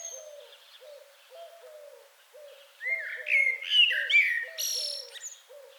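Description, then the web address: Common blackbird song, a rich fluted phrase rising into squeaky twitters, over an evenly repeated low soft call from another bird. "SETE Turdus merula"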